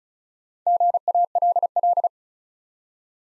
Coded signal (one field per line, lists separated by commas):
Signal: Morse code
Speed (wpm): 36 wpm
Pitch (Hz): 700 Hz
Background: none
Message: GALL